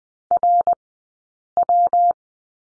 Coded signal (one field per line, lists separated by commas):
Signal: Morse code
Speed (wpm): 19 wpm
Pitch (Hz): 700 Hz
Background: none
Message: RW